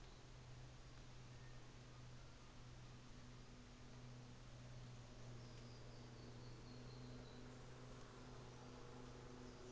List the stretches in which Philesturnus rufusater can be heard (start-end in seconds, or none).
none